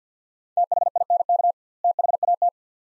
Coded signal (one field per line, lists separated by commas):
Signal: Morse code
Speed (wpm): 50 wpm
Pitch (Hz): 700 Hz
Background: none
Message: THINK THAT